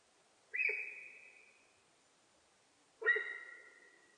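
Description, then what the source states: Sika deer whistle calls: two loud, clear whistles about two and a half seconds apart, each held steady before fading. Recorded in Japan on 4 November 2006.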